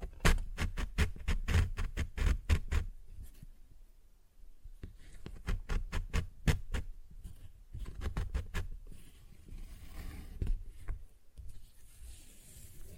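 Fingers tap and scratch on a paper bag in quick, regular bursts of sharp clicks, thickest in the first three seconds and again around six to nine seconds. Between the bursts come softer rustling and scraping, with brief near-silence just after four seconds.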